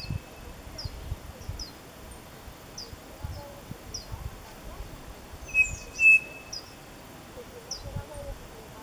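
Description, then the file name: Bird song of a single paired whistle midway, with thin high chirps scattered throughout and faint low background noise. "SABIOD 50 bird 2015"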